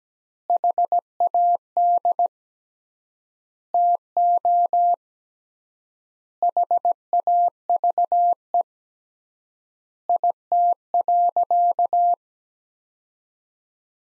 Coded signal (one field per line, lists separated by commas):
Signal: Morse code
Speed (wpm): 17 wpm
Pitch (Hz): 700 Hz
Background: none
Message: HAD TO HAVE IT.